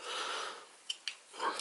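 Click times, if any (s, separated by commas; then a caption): none. Someone tries to press a plastic backpack piece onto the back of a transforming robot toy figure, making a soft scraping and rubbing noise with two brief ticks near 0.9 and 1.1 seconds and more scraping toward the end. The piece is not cooperating, and nothing has locked or clicked into place yet.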